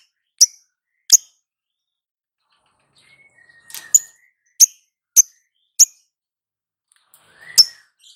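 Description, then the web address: Lovebird calls: sharp, high single chips spaced irregularly, with a faint drawn-out whistle near the middle, then more clipped notes. Female lovebird. "love-bird suara-lovebird-betina"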